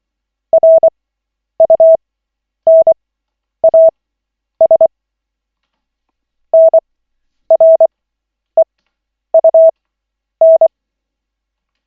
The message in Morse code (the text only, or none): RUNAS NREUN